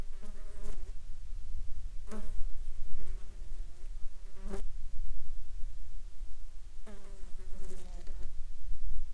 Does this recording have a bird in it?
no